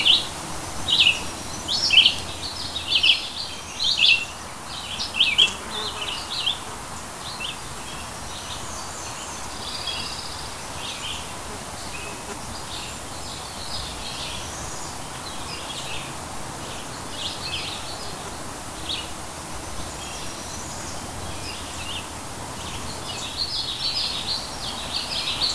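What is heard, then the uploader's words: Birds chirp in quick, bright bursts, busiest in the first seven seconds and again near the end, with quieter scattered calls in between. A steady soft hiss of breeze and insects runs underneath throughout, and a faint low hum sits in the background. Verona Riverside Retreat. Past the grassy field and nestled among the trees overlooking the Penobscot River. Birds are chirping and insects buzzing in the light morning breeze before the summer sun sets in. July.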